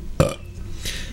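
A single short burp (eructation) from an adult while drinking beer.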